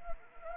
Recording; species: mosquito wingbeat signal from an infrared sensor; Anopheles arabiensis